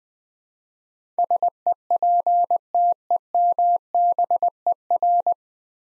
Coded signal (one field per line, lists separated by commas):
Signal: Morse code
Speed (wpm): 21 wpm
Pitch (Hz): 700 Hz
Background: none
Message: SEPTEMBER